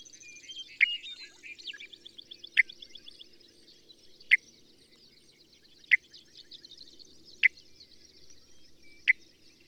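Bird song: rapid trilled twittering in the background, punctuated by loud sharp downward notes repeated roughly every one and a half seconds, over a faint low hum.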